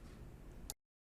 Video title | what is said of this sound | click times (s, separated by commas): HOW TO FIX BUMPER SENSOR VOLVO S90 | pressure to latch those prongs down and once you do that you hear a very satisfying click | 0.7 s